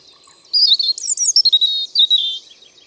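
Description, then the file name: European robin song: a rapid run of high, thin, tinkling warbled notes and short trills lasting about two seconds, against a quiet background. "Erithacus rubecula"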